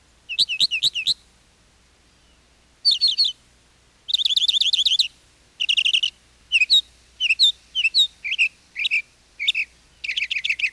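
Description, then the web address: Northern mockingbird singing short, varied bursts, each phrase repeated a few times before switching to a new one, with brief gaps between bursts. "101 Bird Songs. Mockingbird"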